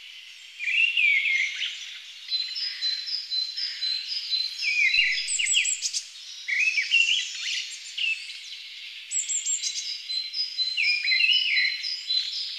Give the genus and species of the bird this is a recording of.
Turdus viscivorus